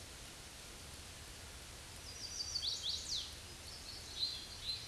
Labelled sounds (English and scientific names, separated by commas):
Chestnut-sided Warbler (Setophaga pensylvanica) song